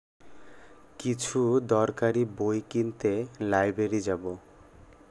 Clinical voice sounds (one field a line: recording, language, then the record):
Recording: elicited speech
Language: Bengali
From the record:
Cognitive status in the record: cognitively healthy